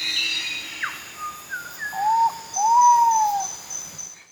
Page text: Marc Anderson - Питта-великан (Pitta maxima)